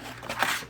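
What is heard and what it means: A flat-packed folding box is folded up by hand, and its side panel snaps into its locked position on the assembled box. Soft rustling and creasing build up, then a sharp click at 0.4 s marks the panel seating in place.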